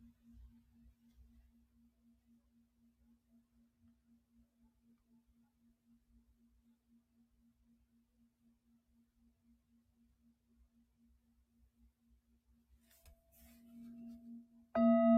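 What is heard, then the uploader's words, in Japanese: A singing bowl hums softly on one low, steady note that pulses gently throughout, with faint low thumps underneath. Near thirteen seconds a higher ringing tone and light rustling appear, the hum swells, and a loud bright strike rings out at the very end. 深夜のメキシコから シンギングボウルのサウンドヒーリング ライブ。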